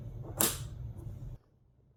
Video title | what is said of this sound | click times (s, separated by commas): TV Black Screen Fix: How to Troubleshoot and Replace LED Backlights Philips 4K Roku TV 50PFL4662/F7 | that they're clicking into place | 0.4 s